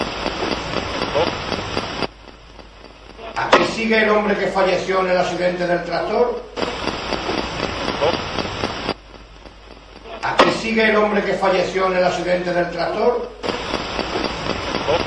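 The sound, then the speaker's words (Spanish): Harsh, hissing radio static from a spirit box sweep in a warehouse comes in loud bursts, cutting out each time a man asks whether the man who died in a tractor accident is still there, then returning; the pattern repeats twice. “Sí, es la Spirit Box.”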